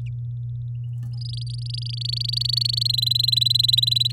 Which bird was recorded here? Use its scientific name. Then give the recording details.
Serinus canaria. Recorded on 11 May 2018 at 09:24. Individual llb16